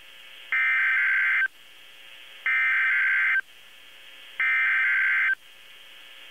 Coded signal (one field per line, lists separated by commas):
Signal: Emergency Alert System (SAME) tones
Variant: header bursts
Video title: EAS #1720-1724 - HURRICANE FORCE WIND WARNINGS TONED AS HUWs on KEC73 3-1-2018